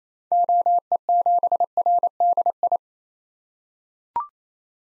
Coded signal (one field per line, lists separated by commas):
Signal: Morse code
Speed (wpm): 28 wpm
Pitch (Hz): 700 Hz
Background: none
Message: OE7RDI